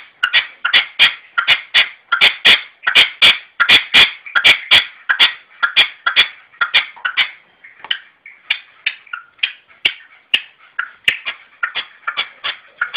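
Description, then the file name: Red-legged partridge giving a long, driving sequence of rasping chuck notes in rhythmic clusters, loud at first and gradually softening toward the end. "perdiz roja-sonido"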